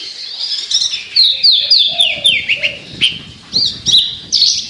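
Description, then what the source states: Javan bush lark song: a varied, tumbling series of high slurred whistles and chirps, with a few lower, softer notes mixed in. Local name branjangan; described as gacor, meaning singing actively and persistently; song style or bird called Petir.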